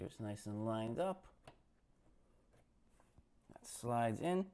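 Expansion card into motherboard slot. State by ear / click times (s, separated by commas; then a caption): not seated / none. An expansion card is lined up with a motherboard slot just before being slid in, while someone talks at the start and end. A brief faint tap is heard at 1.5 s amid quiet handling noise. Nothing has seated or clicked yet.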